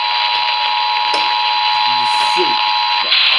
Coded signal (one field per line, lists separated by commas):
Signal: Emergency Alert System (SAME) tones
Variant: 853 and 960 Hz attention tone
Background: speech